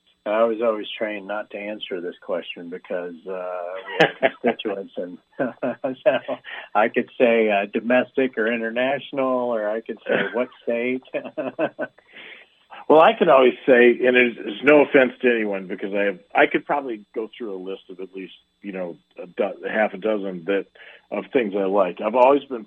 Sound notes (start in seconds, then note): 3.4 laughs; 11.3 laughs